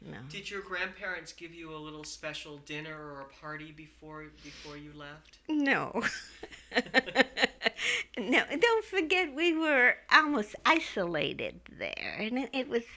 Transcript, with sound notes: Did your grandparents give you a little special dinner or a party before you left?
No. ( she laughs ) Don't forget, we were almost isolated there, and it was,